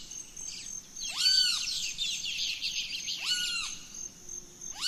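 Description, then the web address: Birds at dawn give arching whistled notes about two seconds apart, over a steady high insect-like tone and dense twittering. Dawn chorus in rainforest, Gran Sabana, Venezuela. "naturescapes Birds in the Rainforest 03 Dawn Venezuela Gran Sabana"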